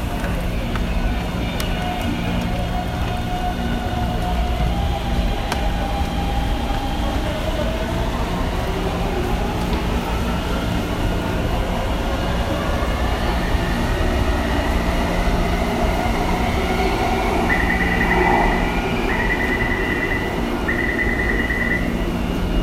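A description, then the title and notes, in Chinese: A metro station at rush hour, filled with a steady low rumble and hum of trains and crowd. Tonal whines rise and fall through the middle, and near the end a repeated high beeping chime sounds three times, like a door warning. 下班時間的忠孝復興捷運站- 聽 ·台北。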